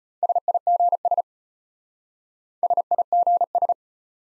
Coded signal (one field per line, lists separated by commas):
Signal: Morse code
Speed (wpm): 34 wpm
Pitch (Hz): 700 Hz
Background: none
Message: SIGS SIGS